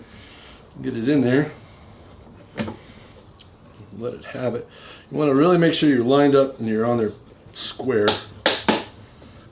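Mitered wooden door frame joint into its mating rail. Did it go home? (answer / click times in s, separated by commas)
yes / 8.5 s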